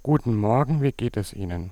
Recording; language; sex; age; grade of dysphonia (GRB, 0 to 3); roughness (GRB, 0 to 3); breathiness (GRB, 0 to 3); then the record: spoken sentence; German; male; 30 to 39 years; 2; 2; 1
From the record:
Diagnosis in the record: recurrent laryngeal nerve paralysis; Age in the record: 32 years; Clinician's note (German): Idiopatisch; mit inkompletter Kompensation